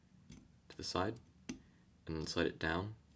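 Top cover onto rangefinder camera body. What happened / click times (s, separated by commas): The metal cover is being slid on but has not seated yet / none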